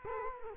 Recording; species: mosquito wingbeat signal from an infrared sensor; Culex quinquefasciatus